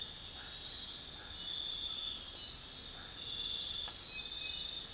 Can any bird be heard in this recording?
no